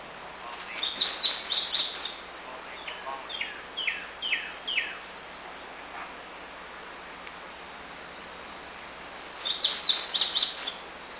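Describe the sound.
Bird chirping: a dense burst of high twittering notes, then a few short falling chirps, a quiet pause and another twittering burst, over a steady background hiss.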